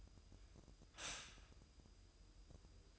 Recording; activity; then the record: daily activity, microphone in the room; stop toaster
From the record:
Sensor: 2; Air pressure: 988.5 hPa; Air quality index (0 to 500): 192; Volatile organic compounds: 187 ppm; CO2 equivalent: 4167 ppm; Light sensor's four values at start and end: 20/68/27/25 and 20/68/27/25